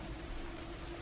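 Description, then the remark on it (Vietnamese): Heavy rain pours down at night over the graveyard of Thiên Phúc village in a steady, dense hiss with a low rumbling undertone, unbroken and fairly soft throughout, with no voices. “Trong cơn mưa tầm tã, mấy bóng người đang hì hục đào bới trong bãi tha ma của làng Thiên Phúc.”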